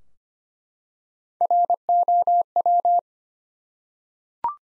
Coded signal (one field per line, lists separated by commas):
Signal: Morse code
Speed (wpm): 25 wpm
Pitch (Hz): 700 Hz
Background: none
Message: ROW